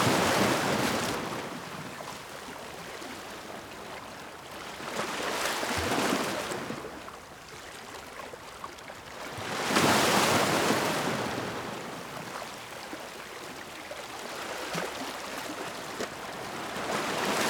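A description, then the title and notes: Waves crash on rocks in rolling surges, loud peaks near 0, 5–6 and 10 seconds, with a steady hissing wash between them. Waves Crashing on the Rocks.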